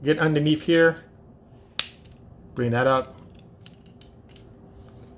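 Someone talks while plastic arm pieces on the opposite side of a Transformers Studio Series 86-30 Leader Class Springer figure are brought up and handled to be squeezed together into the figure's arm. A single sharp tick sounds at about 1.8 s, followed by a couple of faint ticks near 3.7 s and 4.0 s, with a low steady hum underneath. Nothing has seated or clicked into place yet.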